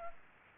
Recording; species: mosquito wingbeat signal from an infrared sensor; Culex pipiens